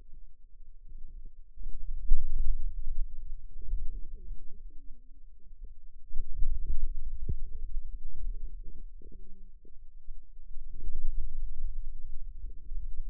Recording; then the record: forearm muscle sounds (acoustic myography)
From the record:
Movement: hand closing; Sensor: system 2, bracelet of six BSWA MPA416 microphones around the upper forearm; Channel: 1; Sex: female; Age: 21 years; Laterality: right